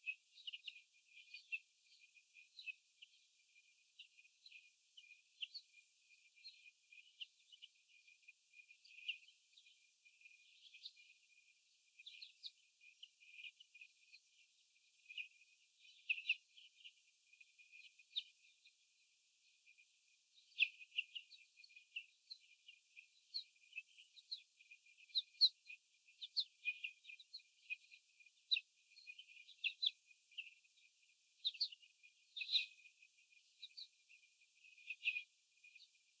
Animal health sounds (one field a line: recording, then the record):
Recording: young laying hens in a cage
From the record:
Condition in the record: after the stressor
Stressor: sudden umbrella opening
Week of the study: 3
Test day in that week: 2